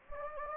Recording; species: mosquito wingbeat signal from an infrared sensor; Anopheles gambiae